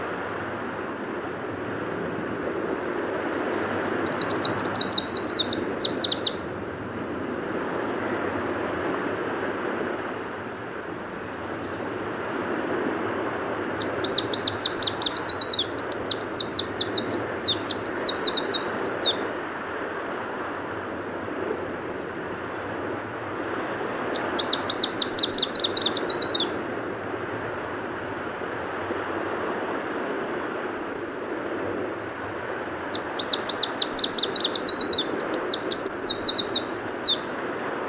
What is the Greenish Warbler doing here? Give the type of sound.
song